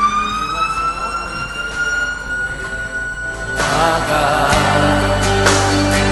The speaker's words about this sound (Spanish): Y se siente muy fuerte la sirena que pasa, que está aquí justo la avenida Concha y Toro. Ahí está, al frente del edificio. Por eso se siente muy fuerte.